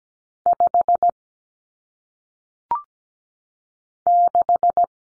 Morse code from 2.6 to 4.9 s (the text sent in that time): 6